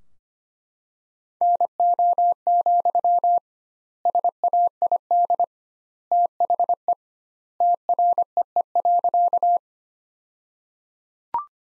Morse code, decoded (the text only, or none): NO, SAID THE TREE.